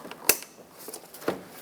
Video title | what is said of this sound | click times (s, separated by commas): How to Replace Headlights 2014-2021 Mazda 6 | plug it in make sure it clicks | 0.3 s